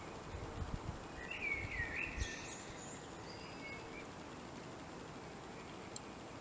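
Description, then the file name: Common blackbird song: a short fluty warble followed by a thin, high-pitched twittering flourish, then quiet hiss. "Turdus merula"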